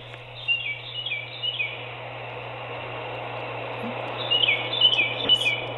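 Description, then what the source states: Tufted titmouse song, short repeated two-note whistled phrases in two bursts, over steady broad hiss and a low hum. Caller's own recording from the Albany area, played back by phone; two-note song, higher to lower, sounding like 'Peter, Peter, Peter', first thought to be a Carolina wren.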